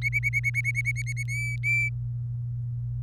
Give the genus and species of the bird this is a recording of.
Serinus canaria